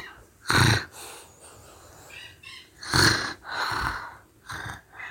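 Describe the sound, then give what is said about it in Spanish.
A voice imitates the snoring of the enormous wolf from Little Red Riding Hood, lying with a swollen belly: three raspy, snorting inhales, each followed by a softer breathy exhale, repeating in a slow, heavy rhythm. “El enorme lobo estaba con la panza hinchada, roncando y roncando.”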